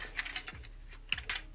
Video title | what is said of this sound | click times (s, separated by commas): They Are Improving, But Not Fast Enough - #transformers X G.I. Joe Soundwave Review | and then you fold this section in like so it's supposed to click into place there we go | 1.1 s